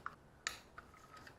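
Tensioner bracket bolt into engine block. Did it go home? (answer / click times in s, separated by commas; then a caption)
yes / 0.5 s. A torque wrench set to 20 ft-lb tightens the tensioner bracket bolt into the engine block of a 2007 Subaru Impreza 2.5i SOHC engine. A sharp metallic click at 0.5 s marks the wrench breaking over at its setting, with fainter ticks before and after. The bolt is confirmed torqued to spec.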